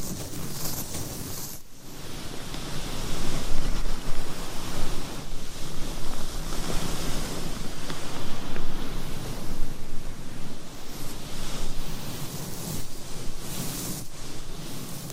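Microphone scratching and rubbing fills the span as a dense, rough rustle with a steady low rumble underneath. Brief dips near two and eleven seconds break the texture, and brighter hissy bursts flare around one, ten and fourteen seconds.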